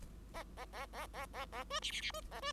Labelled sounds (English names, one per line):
Bengalese Finch song